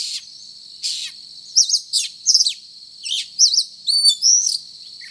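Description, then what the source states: Oriental magpie-robin song of spaced harsh bursts and looping whistled phrases over a constant high tone. Indonesian local name kacer; described as gacor, actively and vigorously singing.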